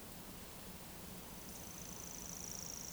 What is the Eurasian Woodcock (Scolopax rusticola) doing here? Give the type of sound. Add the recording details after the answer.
whistle. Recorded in Baden-Württemberg, Germany, on 25 June 2020 at 19:49 UTC. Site 43791, 788 m above sea level